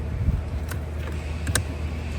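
A wiring harness connector is pushed onto the new clock spring on the steering column of a 2012–2015 VW Passat during clock spring replacement. Faint clicks at 0.7 s and 1.5 s are followed by a sharp click at 1.6 s over a low hum as the connector seats, plugged in.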